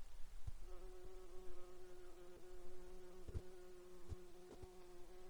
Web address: alaska acoustic highlights highlights audio INSECTS GAARPALA 20190615 075733